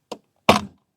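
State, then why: Seated. A new fuel filter element is lined up and pressed down into its plastic housing or bowl on a 2019 Ford F-250 Super Duty 6.7, replacing a filter that was nasty. A faint tap at 0.1 s is followed by a loud, sharp snap at 0.5 s that rings out briefly. The element snaps and seats in place.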